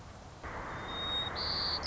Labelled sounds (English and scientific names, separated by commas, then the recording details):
White-crowned Sparrow (Zonotrichia leucophrys)
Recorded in Sonoma County, California